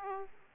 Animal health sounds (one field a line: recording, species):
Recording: mosquito wingbeat signal from an infrared sensor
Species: Aedes aegypti